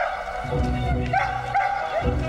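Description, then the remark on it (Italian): A dog barks and yips several times in quick, uneven bursts, the sharp mid-pitched yelps rising over a steady low rumble in the background. “Andate via, vai via cane, vai via.”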